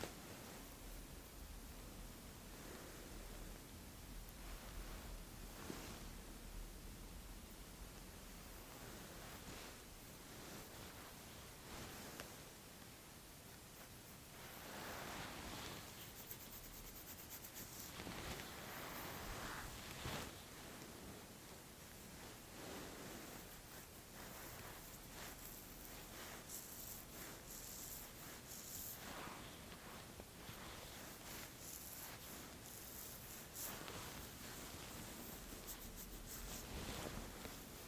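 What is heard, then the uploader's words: Steady fabric rustling and hair being handled fill the whole recording with a dense, soft hiss. Short crisp snips and brushing strokes break through irregularly, clustering around the middle and again near the end, while the overall loudness stays even. Insanely Stimulating Eyebrow & Beard Measuring, Trimming, Massage. Scissors, fabric rustling, head massaging.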